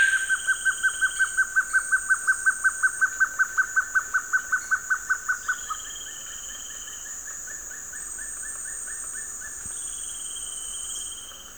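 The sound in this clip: Guianan trogon giving a rapid run of evenly spaced hollow notes for nearly six seconds, followed by a softer answering series, over continuous shrill insect drone.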